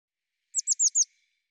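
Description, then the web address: Bird song: a single quick phrase of four high, downward-sweeping whistled notes, evenly spaced. "cianscape birddata Deverinetal 2025 File cleaned normalized Bird Cy Ca"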